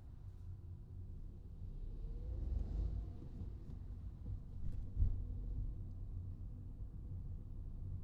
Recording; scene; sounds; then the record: everyday scene through a hearing-aid microphone; in a vehicle; engine, traffic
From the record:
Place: Skoda Fabia, gasoline engine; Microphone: in the ear canal, right